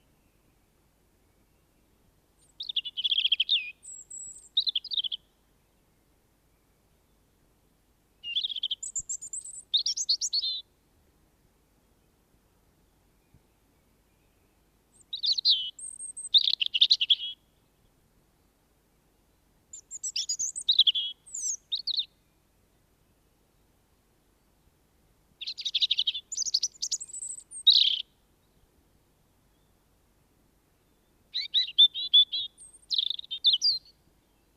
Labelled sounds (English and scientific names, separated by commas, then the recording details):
European Robin (Erithacus rubecula) song
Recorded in the wild
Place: Garmisch-Partenkirchen, Bayern, DE
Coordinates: 47.5203, 11.0819
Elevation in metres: 846
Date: 1971-04-10
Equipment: Nagra IV, Sennheiser MKH 405, Parabolreflektor
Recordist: Tretzel, Erwin
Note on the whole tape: Pfleger-Höhe, Garmisch-Partenkirchen: Gesang mit Imitiation von Haubenmeise und Tannenmeise